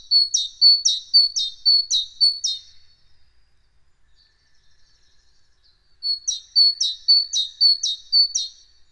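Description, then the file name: Great tit giving its repeated two-syllable song, five rapid phrases, a silent gap of about three seconds, then five more in the same rhythm. "Parus major"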